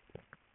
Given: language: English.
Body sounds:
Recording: throat vibration sensor signal played as sound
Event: swallow

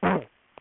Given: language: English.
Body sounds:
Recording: throat vibration sensor signal played as sound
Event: throat clearing

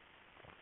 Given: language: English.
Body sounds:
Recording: throat vibration sensor signal played as sound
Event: swallow

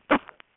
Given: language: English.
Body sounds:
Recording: throat vibration sensor signal played as sound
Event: cough

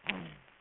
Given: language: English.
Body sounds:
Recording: throat vibration sensor signal played as sound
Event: throat clearing

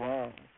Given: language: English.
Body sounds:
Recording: throat vibration sensor signal played as sound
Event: speech

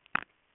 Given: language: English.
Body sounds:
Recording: throat vibration sensor signal played as sound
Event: swallow

